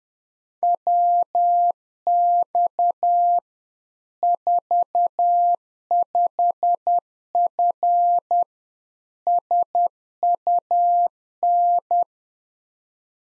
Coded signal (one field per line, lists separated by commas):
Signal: Morse code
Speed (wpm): 10 wpm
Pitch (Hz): 700 Hz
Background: none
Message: WX 45F SUN